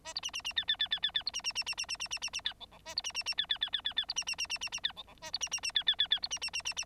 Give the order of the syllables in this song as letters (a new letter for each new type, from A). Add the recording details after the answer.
A B C C C D D D D D D B C C C C C C C C C C D E E A B C C C D D D D D D B C C C C C C D E E A B C C C D D D D B C C C C C. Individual Bird9